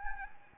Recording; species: mosquito wingbeat signal from an infrared sensor; Anopheles gambiae